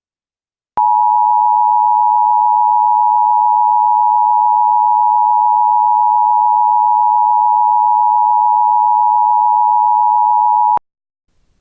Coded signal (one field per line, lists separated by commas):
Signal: Emergency Alert System (SAME) tones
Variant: 853 and 960 Hz attention tone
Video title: The Boston Molassacre - EAS Mock Scenario